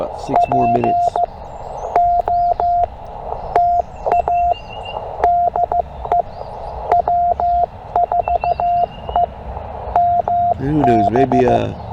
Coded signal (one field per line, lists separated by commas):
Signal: Morse code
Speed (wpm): 15 wpm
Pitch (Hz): 700 Hz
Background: speech, radio noise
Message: POTA DE W4EMB